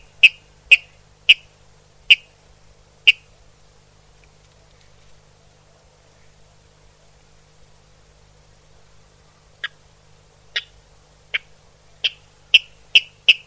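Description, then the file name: Water rail uttering sharp clicking notes in two bursts, five at the start and a quickening run near the end, with a silent pause between. "Rallus aquaticus sequence"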